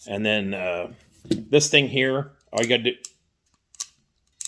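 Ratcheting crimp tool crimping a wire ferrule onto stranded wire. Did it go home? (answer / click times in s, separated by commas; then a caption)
yes / 3.8 s, 4.4 s. Someone talks while a ratcheting crimp tool squeezes a wire ferrule onto stranded wire. After the talking stops, the ratchet gives sharp clicks at about 3.8 s and 4.5 s as the handles close, and the crimp is confirmed done.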